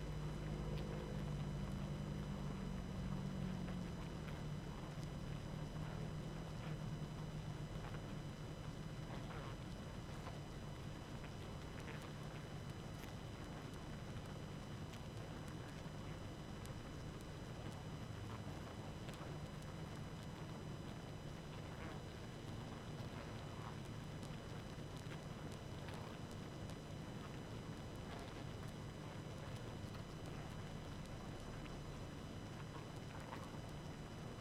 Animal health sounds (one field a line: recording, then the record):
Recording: honeybee colony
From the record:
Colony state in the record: active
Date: 12 June 2018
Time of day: 22:53